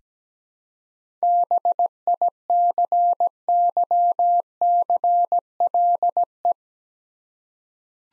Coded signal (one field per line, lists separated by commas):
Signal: Morse code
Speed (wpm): 17 wpm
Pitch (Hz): 700 Hz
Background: none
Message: BICYCLE